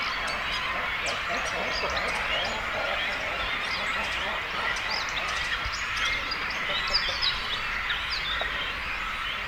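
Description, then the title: Cormorants in a noisy colony, continuous layered squeaks and harsh calls from many birds, with frequent short higher chirps mixed in. Breeding colony of cormorants with young birds, at Zemitz, Germany. "Zemitz, Deutschland - Kormorane brüten (mit Jungvögeln). breeding cormorants (with children)"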